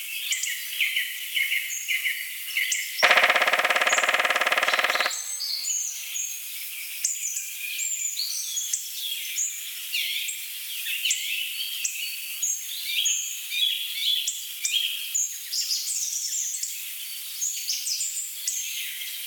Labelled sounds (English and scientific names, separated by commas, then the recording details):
Black Woodpecker (Dryocopus martius)
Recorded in the wild
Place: Jägerhof / Breisach am Kaiserstuhl, Baden-Württemberg, DE
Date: 1985-03-10
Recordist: Schwarz, Dieter
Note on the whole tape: Call and drumming